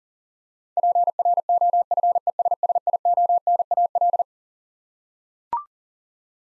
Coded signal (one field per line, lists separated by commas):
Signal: Morse code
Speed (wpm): 40 wpm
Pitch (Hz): 700 Hz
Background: none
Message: PROFESSIONAL